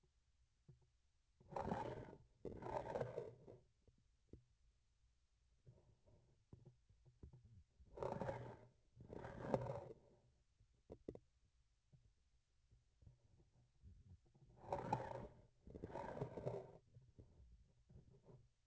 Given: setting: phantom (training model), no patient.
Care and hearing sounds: laparoscopic instrument, vibration sensor on the handle end; grasping forceps; approaching and retracting movements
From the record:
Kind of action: spatial motion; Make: other than Olympus

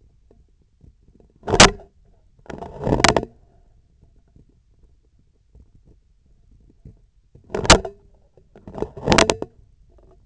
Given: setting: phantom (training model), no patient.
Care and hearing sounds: laparoscopic instrument, vibration sensor on the handle end; scissors; opening and closing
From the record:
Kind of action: tool actuation without material contact

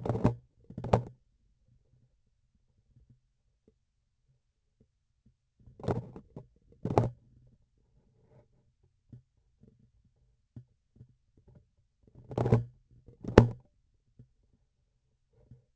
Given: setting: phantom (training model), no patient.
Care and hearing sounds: laparoscopic instrument, vibration sensor on the handle end; grasping forceps; opening and closing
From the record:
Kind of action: tool actuation without material contact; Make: other than Olympus

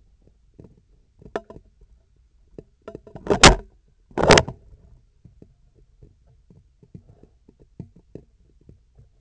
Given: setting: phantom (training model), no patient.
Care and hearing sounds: laparoscopic instrument, vibration sensor on the handle end; scissors; opening and closing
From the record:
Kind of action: tool actuation without material contact

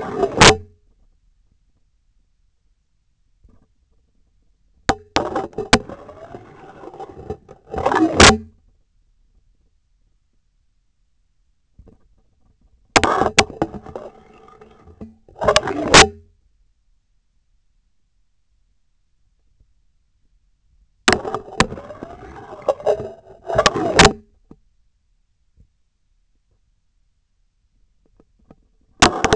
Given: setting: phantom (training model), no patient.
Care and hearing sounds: laparoscopic instrument, vibration sensor on the handle end; scissors; insertion and removal through the trocar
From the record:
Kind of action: spatial motion

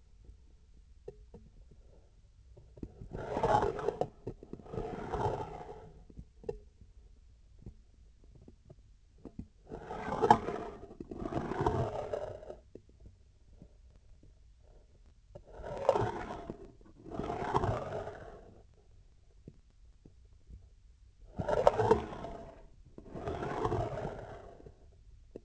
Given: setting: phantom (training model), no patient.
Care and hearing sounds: laparoscopic instrument, vibration sensor on the handle end; scissors; approaching and retracting movements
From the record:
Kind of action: spatial motion

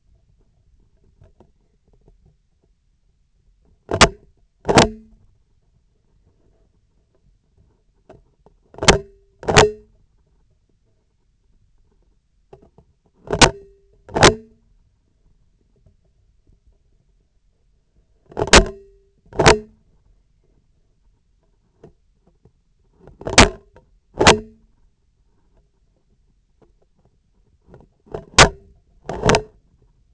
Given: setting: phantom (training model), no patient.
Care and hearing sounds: laparoscopic instrument, vibration sensor on the handle end; scissors; opening and closing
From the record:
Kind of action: tool actuation without material contact

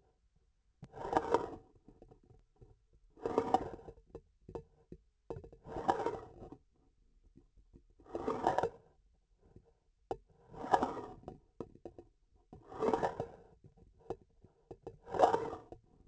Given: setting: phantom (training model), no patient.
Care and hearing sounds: laparoscopic instrument, vibration sensor on the handle end; grasping forceps; approaching and retracting movements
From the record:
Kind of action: spatial motion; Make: Olympus

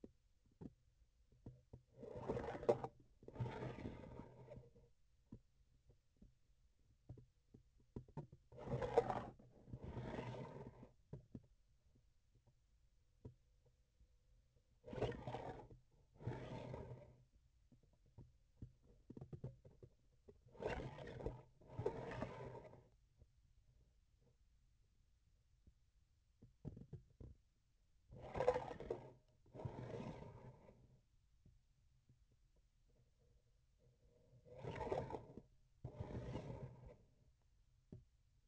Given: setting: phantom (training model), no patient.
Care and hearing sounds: laparoscopic instrument, vibration sensor on the handle end; grasping forceps; approaching and retracting movements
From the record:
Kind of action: spatial motion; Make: other than Olympus

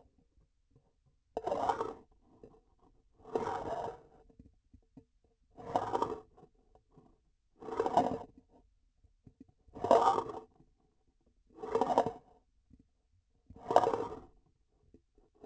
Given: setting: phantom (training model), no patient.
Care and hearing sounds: laparoscopic instrument, vibration sensor on the handle end; grasping forceps; approaching and retracting movements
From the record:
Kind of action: spatial motion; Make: Olympus

